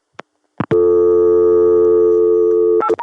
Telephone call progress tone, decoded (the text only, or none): dial tone